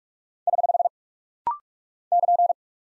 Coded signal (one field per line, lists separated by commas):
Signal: Morse code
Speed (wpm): 46 wpm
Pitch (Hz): 700 Hz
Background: none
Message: <HH> <KN>